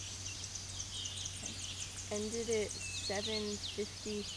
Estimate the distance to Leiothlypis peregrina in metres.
about 70 m